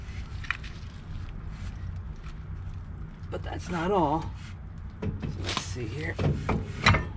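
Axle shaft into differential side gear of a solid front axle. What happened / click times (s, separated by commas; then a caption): The axle shaft is being handled and has not yet seated / none. A front axle shaft is handled at the differential side gear of a Dana 60 solid front axle, being pushed in and twisted so its splines can engage. Someone talks over low rumbling noise, with a sharp knock near 0.5 s and a few scattered clunks and scrapes. Nothing has seated or clicked yet.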